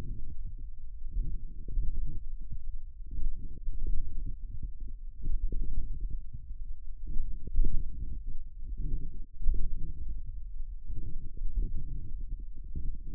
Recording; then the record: forearm muscle sounds (acoustic myography)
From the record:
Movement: radial deviation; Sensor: system 1, eight BSWA MPA416 microphones around the upper forearm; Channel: 8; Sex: male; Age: 42 years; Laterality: right